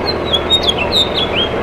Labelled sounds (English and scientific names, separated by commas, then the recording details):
House Finch (Haemorhous mexicanus) song
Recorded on Long Island, New York, on 18 June 2012
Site OG
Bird B